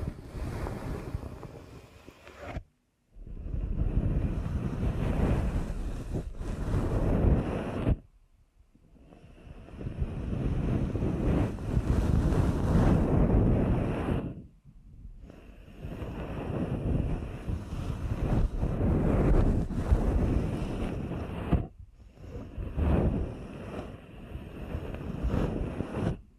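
Deep ear canal massage sounds as dense, muffled rubbing and rumbling that fills the low end, with soft crackly friction above. The pressing runs in long stretches of several seconds, broken by brief silent pauses near 3, 8, 15 and 22 seconds.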